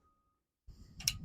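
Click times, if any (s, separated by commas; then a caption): 1.1 s. A trailer coupler is secured onto a tow hitch ball by closing its latch. After near silence, a low rumbling noise starts at about 0.7 s, a softer tap comes at 1.0 s, and a sharp, bright click lands at 1.1 s. The latch locks the coupler into place on the ball.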